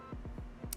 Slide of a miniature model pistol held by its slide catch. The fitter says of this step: So there's the slide locked into place by the slide catch,